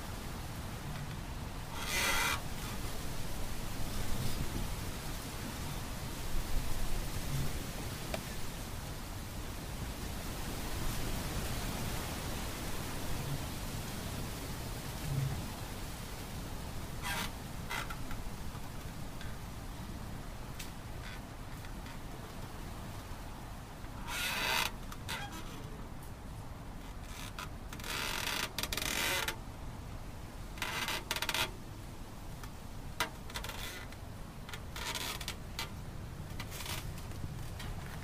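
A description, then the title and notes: Trees rustle in a steady, dense wash of wind, with brief brighter bursts of leaves around 2, 17, 24–29 and 31–36 seconds. Relaxing Sounds of Rustling Trees.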